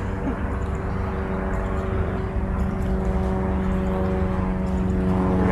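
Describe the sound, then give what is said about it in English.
Helicopters drone steadily, a loud, constant low rumble layered with humming engine tones that holds unbroken from start to finish. “Helicopters.”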